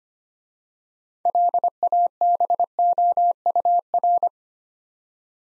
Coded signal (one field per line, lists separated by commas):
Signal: Morse code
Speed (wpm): 25 wpm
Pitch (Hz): 700 Hz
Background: none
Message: LABOUR